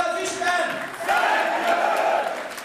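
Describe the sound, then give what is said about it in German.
A large rally crowd roars its approval for party leader Gábor Vona's speech, many voices cheering and shouting together in a loud, sustained wave that dips briefly and then swells again. “Parteichef Gábor Vona bekommt für seine hetzerische Rede gegen Roma, Juden, die Europäische Union und ausländisches Kapital tosenden Beifall.”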